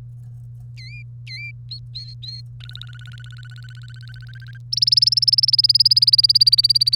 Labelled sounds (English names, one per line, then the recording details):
Domestic Canary song
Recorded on 1 May 2018 at 07:50
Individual llb3